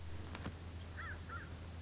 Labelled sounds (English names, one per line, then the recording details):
American Crow
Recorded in Sonoma County, California